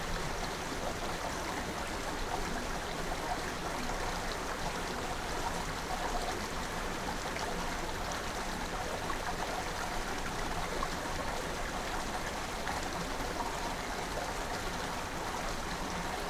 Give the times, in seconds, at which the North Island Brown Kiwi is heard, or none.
none